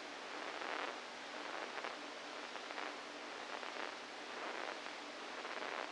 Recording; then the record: brain microelectrode recording played as sound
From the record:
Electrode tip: inside the subthalamic nucleus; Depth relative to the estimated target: -4 mm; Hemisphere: right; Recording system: NeuroSet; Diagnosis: Parkinson's disease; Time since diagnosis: 7 years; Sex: female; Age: 68 years